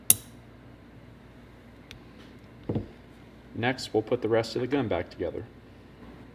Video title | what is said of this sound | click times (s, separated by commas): How To Field Strip A Kimber KDS9C Rail 1911 9mm For Cleaning | and put it in you'll hear a click once you push it in like this | 0.1 s